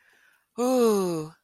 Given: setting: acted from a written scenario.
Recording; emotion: vocal sound without words; awe